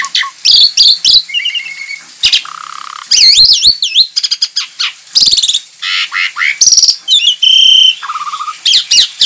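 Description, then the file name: Javan pied starling in varied, almost nonstop song: wavering whistles, buzzy chatter, lower steady notes and scratchy rasps tumbling together in fast succession. Lure call (pancingan) of the Javan pied starling, used to attract birds. "suara pancingan jalak suren"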